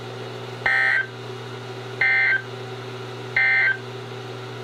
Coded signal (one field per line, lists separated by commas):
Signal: Emergency Alert System (SAME) tones